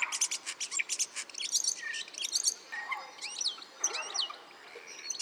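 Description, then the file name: Common starling song, rapid pulsed rattles followed by twisting whistles and squeaky chatter. "Spreeuw"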